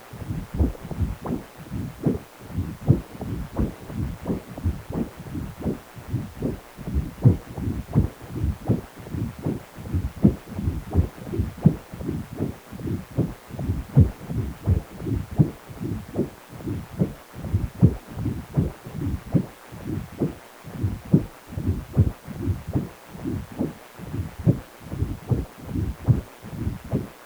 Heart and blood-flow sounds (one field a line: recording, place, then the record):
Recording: Doppler ultrasound of blood flow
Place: precordium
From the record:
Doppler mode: continuous wave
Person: healthy adult, 18 to 50 years, no heart murmur, not diving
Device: 2.5 MHz transducer